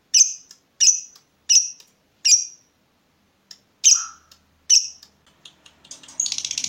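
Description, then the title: Lovebird chirps, harsh and shrill, repeated in a loose series with a pause, ending in fast chattering. Lovebird's style of calling shown as clever 'baiting' (memancing), prompting other birds to sing. "Dari Gayanya Lovebird Ini Terlihat Pintar Sekali Memancing"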